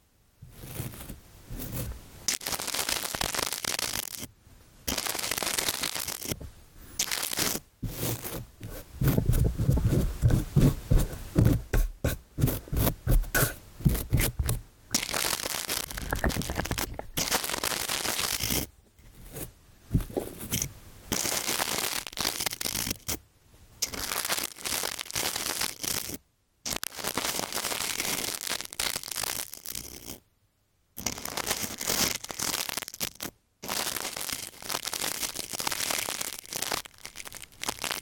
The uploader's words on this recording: ブラシASMR ぞわぞわする耳かき. ティッシュでお掃除 Ear Cleaning/BRUSHING.